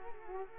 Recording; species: mosquito wingbeat signal from an infrared sensor; Culex quinquefasciatus